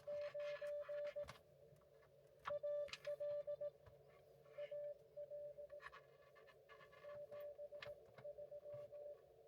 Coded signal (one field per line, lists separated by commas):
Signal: Morse code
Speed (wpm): 15 wpm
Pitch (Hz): 590 Hz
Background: radio noise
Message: 9 AL AL 73